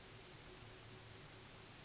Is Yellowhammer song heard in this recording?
no